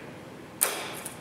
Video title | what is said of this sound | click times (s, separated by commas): Quick Connect Repair | here it click once it clicks don't take for granted that it's not going to come off pull on it | 0.6 s